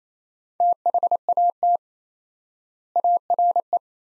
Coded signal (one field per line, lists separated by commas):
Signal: Morse code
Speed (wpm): 27 wpm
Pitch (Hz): 700 Hz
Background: none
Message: THAT ARE